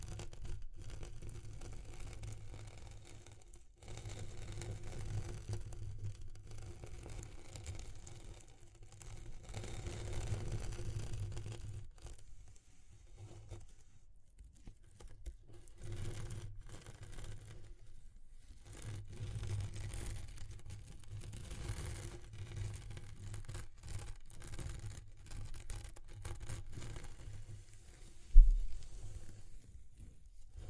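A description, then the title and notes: Textured, scratchy rubbing sounds over a low, humming rumble, running in uneven stretches broken by brief near-silent gaps around 4, 14 and 18 seconds. The level stays fairly even until a sudden sharp knock near 28 seconds, followed by a short fading tail. ASMR Exploring Textures (No Talking).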